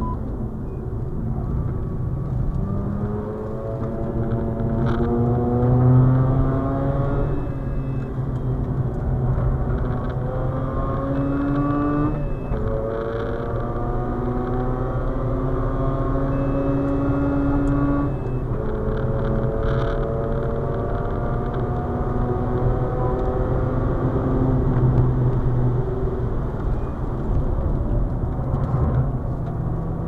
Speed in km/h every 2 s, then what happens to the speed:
61, 72, 85, 81, 82, 95, 110, 121, 123, 132, 143, 148, 137, 95, 97.
0-4 speeds up to 85. 8-21 speeds up to 148. 21-26 brakes to 95.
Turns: 0-5, 5-10, 24-30.